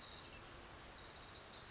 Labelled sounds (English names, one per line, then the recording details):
Orange-crowned Warbler
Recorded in Sonoma County, California